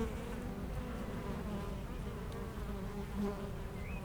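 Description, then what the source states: Honey bees buzz in a constant low drone, one bee swelling past near the end alongside a short rising bird note. Foraging honey bees flying back and forth to flowers between two hives at a garden apiary in Aix-les-Bains, France; some birds in the nearby woods.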